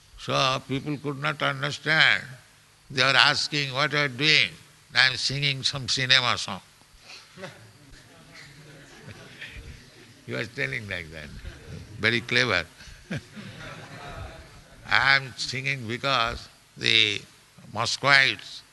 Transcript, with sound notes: So people could not understand. They were asking, "What you are doing?" "I am singing some cinema song." [laughter] He was telling like that. Very clever. [laughter] "I am singing because the Muscovites,